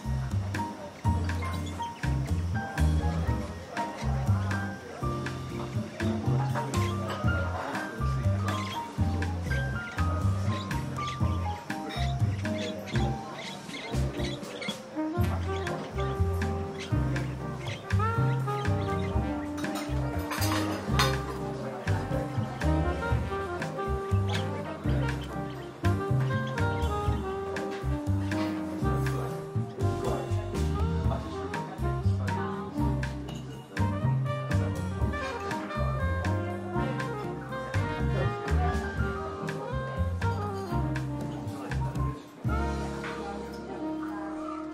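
Seaside cafe ambience, mostly melodic music with a steady beat and pitched notes moving up and down throughout. Murmured voices sit underneath, with occasional sharper clinks and brief peaks near 15 and 21 seconds. The level stays even across the whole stretch.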